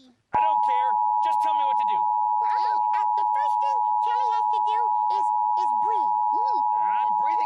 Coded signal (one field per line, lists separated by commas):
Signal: Emergency Alert System (SAME) tones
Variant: 853 and 960 Hz attention tone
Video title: EAS Tornado Drill interrupts plotagon channel HD'S normal programming {April 30th 2018}